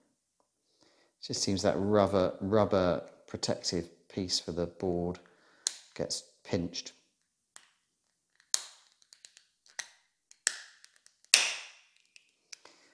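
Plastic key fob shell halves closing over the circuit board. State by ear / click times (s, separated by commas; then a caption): seated / 8.5 s, 10.5 s, 11.3 s. After the coin cell is replaced in a Subaru Denso car key fob, the two plastic shell halves are pressed back together over the circuit board and its rubber protector while someone talks. Sharp snaps are heard at 8.5, 10.5 and 11.3 seconds, a firm positive click as the housing halves seat together.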